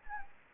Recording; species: mosquito wingbeat signal from an infrared sensor; Anopheles gambiae